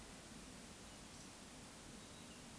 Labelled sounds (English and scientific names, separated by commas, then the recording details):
Eurasian Woodcock (Scolopax rusticola) whistle
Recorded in Baden-Württemberg, Germany, on 15 May 2020 at 19:10 UTC
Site 46190, 1214 m above sea level